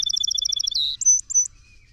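Song sparrow song ending: the tail of a rapid trill, a buzzy note, then two sharp high notes.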